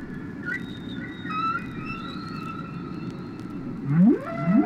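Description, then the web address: Whale song with long steady harmonic tones, then rising low swoops near the end, over a constant underwater rumble. "KU whales"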